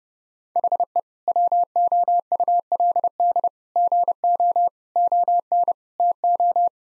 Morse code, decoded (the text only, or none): HE WOULD GO ON TO